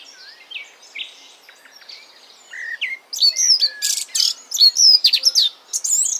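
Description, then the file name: Eurasian blackcap song: soft chattering notes swelling after three seconds into a loud, rapid flourish of clear whistles and sharp notes. "Sylvia atricapilla"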